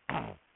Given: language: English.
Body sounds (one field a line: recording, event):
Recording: throat vibration sensor signal played as sound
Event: throat clearing